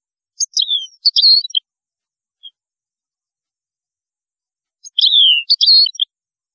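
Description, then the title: European goldfinch song: two short twittering phrases of high, slurred and chattering notes separated by a long, nearly silent gap. "Chant Chardonneret"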